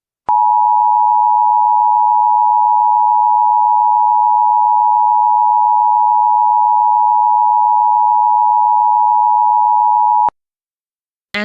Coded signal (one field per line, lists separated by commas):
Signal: Emergency Alert System (SAME) tones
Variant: 853 and 960 Hz attention tone